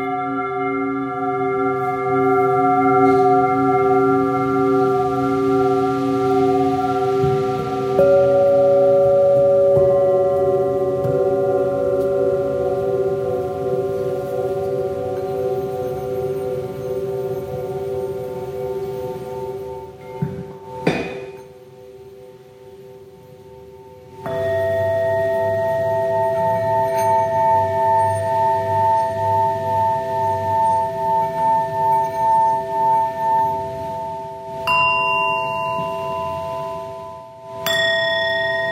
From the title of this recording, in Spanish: sonoterapia con cuencos tibetanos